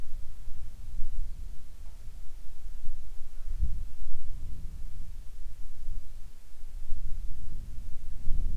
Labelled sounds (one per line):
wind
insects